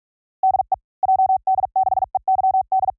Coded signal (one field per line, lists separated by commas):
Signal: Morse code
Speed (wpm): 46 wpm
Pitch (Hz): 760 Hz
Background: none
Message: DE JD6EYD